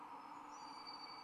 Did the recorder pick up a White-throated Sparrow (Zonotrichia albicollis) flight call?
no